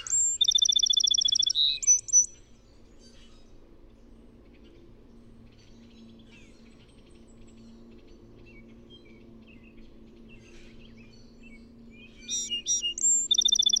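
Song sparrow sings a trilled, buzzy phrase, falls silent for about ten seconds, then starts the song again.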